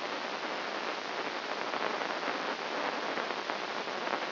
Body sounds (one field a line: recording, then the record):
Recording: brain microelectrode recording played as sound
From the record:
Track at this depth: inside the subthalamic nucleus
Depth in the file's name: 2.84 mm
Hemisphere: right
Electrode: 2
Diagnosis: Parkinson's disease